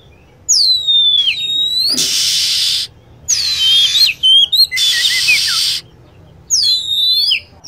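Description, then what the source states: Lovebird calls: shrill falling screeches and crossing up-and-down squeals, interleaved with blocks of loud hiss. Lure sound used to attract lovebirds.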